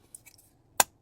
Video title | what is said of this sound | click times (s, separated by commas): Upgrade & In‑Depth Review: Tesstudio Swivel Mount Unlocks New Center‑Console Flexibility | Clicked into place real easy. We got clicks. | 0.8 s